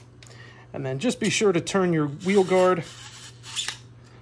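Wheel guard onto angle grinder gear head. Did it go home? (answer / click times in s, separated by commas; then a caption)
yes / 3.7 s. Someone talks while the metal wheel guard on the gear head of a Bosch 18V angle grinder is turned. A single sharp click at 3.7 s marks the guard locking into place.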